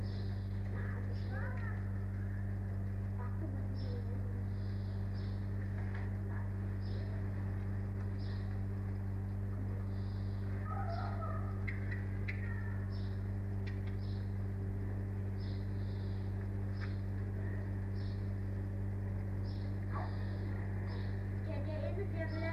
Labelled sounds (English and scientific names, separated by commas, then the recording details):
Arctic Fox (Vulpes lagopus)
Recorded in captivity
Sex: pair
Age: adult
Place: Zoologisches Institut der HUB, Berlin, DE
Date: 1958-03-29 16:50
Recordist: Tembrock, Günter